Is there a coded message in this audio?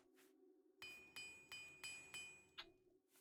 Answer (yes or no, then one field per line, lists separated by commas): no